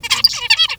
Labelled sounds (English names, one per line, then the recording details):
Zebra Finch song
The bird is a male
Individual mal8